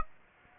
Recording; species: mosquito wingbeat signal from an infrared sensor; Aedes aegypti